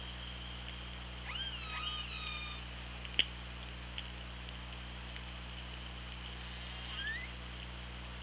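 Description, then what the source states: Killer whale calls: several overlapping harmonic calls with upswept and downswept tones, then a sharp click, then one short rising call near the end, over underwater hum. OrcaLab hydrophone, 24 August 2017, 18:03.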